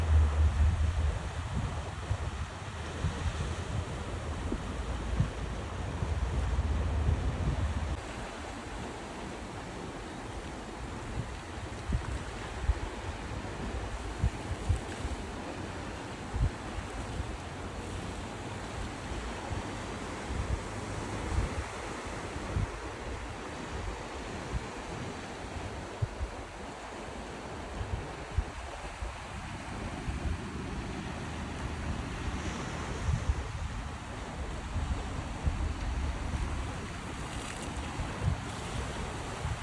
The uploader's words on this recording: Enjoying The Sunset With The Sounds Of The Sea. We went to the beach immediately just for the sunset.